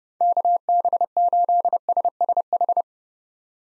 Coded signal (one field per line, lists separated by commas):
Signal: Morse code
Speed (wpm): 30 wpm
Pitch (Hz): 700 Hz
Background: none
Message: KB8SSH